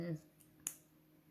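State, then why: Seated. Someone talks briefly, then a figural clasp on a three-strand beaded necklace snaps closed with a very sharp, loud click at 0.7 s. The clasp is seated and closed.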